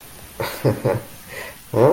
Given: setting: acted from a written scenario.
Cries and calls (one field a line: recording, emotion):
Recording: vocal sound without words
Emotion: pride